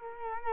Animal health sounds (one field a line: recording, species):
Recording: mosquito wingbeat signal from an infrared sensor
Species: Culex quinquefasciatus